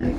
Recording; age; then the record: pig call; growing-finishing pig (85 days or more)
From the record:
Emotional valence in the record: negative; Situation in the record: barren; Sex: female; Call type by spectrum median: low-frequency call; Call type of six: low-frequency stable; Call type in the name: low-frequency stable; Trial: 4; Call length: 0.19 s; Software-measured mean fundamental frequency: 41 Hz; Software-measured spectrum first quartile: 136 Hz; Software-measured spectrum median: 251 Hz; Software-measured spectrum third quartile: 401 Hz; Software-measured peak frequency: 65 Hz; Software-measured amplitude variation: 88 dB a second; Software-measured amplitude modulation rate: 31.8 a second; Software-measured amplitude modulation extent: 2.8 dB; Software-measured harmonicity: 0.5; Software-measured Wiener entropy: -0.72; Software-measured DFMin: 1176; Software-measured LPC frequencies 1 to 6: 319, 1766, 2534, 4180, 5281, 6401 Hz